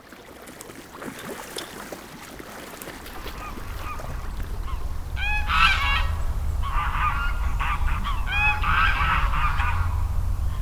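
Goose honking: scattered faint calls at first, then loud harsh honks in bursts in the second half, over a steady low rumble.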